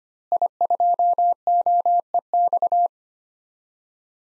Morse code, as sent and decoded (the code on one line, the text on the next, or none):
.. ..--- --- . -..-
I2OEX